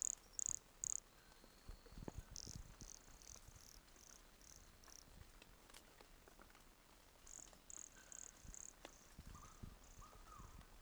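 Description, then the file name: Brachycephalus sulfuratus calling with three sharp, high buzzy notes at the start, followed by fainter series of similar notes. Recorded at Entroncamento, Teba, in January 2020, 20 cm from the microphone. "Brachycephalus sulfuratus Entroncamento Teba 20 cm from microphone LFR JAN-2020"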